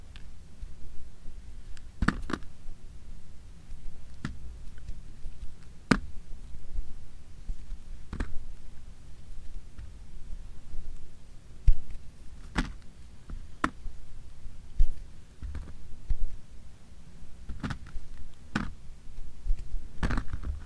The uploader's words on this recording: Fingernail tapping on plastic packaging ASMR.